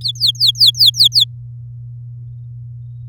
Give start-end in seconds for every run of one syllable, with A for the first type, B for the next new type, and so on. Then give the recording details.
0.01-1.24 A. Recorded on 10 May 2018 at 09:39. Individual llb16